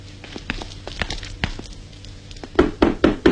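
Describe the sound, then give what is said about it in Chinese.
Knocking on a door by members of the Angel (安琪儿) theatre troupe: a series of light, uneven taps builds into three or four heavy, booming knocks in quick succession at the end, with no voices. “开开门，请开开门。”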